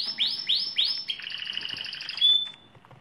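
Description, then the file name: Lizard canary song, four quick downward-sweeping notes followed by a fast rolling trill and a short sharp whistle. "canto do canario lizard"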